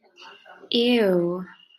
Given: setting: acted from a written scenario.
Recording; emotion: vocal sound without words; disgust